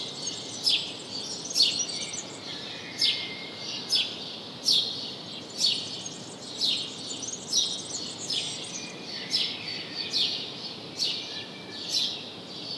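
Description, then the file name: House sparrow calls: loud chirps about once a second, with fainter twittering behind and steady hiss throughout. "Passer domesticus"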